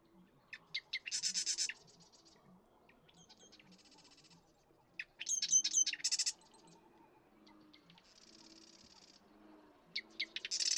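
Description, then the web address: Marsh Wren songs: repeated bursts of clicks leading into fast, harsh rattles, with fainter buzzy trills between them, several songs in a row. "birdsongforthecurious Marsh Wren"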